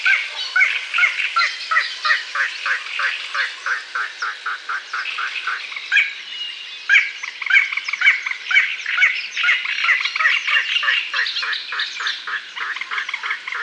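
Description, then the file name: Little crake calling, a long series of short clipped notes amid dense, squawky chattering calls throughout. "zielonka"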